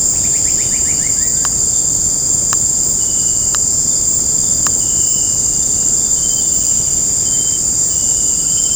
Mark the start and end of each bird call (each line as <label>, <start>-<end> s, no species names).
bird call, 0.29-1.64 s